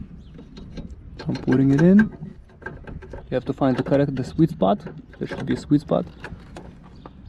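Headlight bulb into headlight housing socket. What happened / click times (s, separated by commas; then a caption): The bulb is being fitted but has not locked in yet / none. A halogen headlight bulb is being worked into the socket of the plastic headlight housing on a 2011–2017 Lexus CT 200. Someone talks while light scraping and ticking handling sounds are heard. Nothing has seated or clicked yet.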